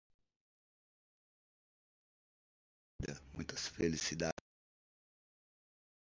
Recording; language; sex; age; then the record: short text; Brazilian Portuguese; male; 50 to 59 years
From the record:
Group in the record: control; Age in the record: 53 years